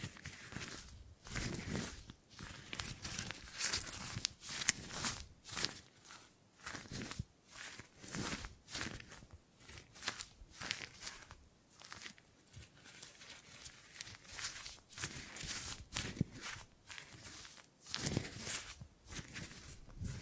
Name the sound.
Tingly Gripping and Grabbing Sounds